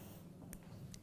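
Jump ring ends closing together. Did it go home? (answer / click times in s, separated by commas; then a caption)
yes / 0.5 s, 0.9 s. Two added metal jump rings are closed with a twisting motion, their ends clicking together. Two short, sharp, bright clicks stand out at 0.5 s and 0.9 s over a steady low background hum. Both rings click closed and are confirmed shut.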